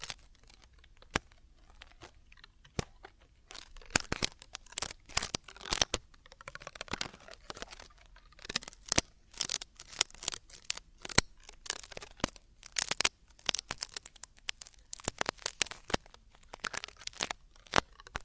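Traditional Chinese ear cleaning: dense, irregular scratchy crackles and sharp clicks, bright and close-textured, bursting in quick clusters throughout with brief quiet gaps.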